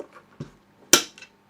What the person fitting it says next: click, that's now in place.